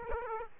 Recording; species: mosquito wingbeat signal from an infrared sensor; Aedes aegypti